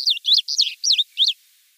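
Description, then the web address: Striated bunting song fragment: five rapid, slurred, high chirping notes in quick succession, fading into quiet. "Schulze Peter Striated Bunting song"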